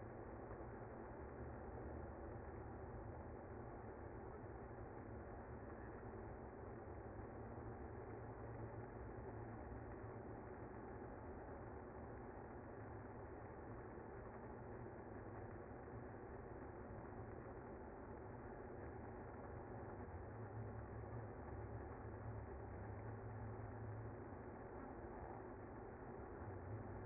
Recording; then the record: honeybee colony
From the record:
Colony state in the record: active